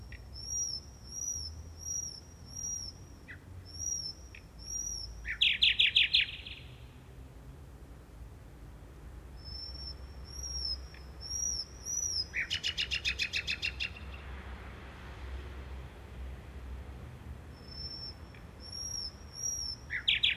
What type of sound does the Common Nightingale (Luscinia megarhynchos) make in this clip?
song